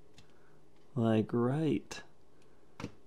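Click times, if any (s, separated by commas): 2.8 s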